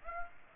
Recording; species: mosquito wingbeat signal from an infrared sensor; Aedes aegypti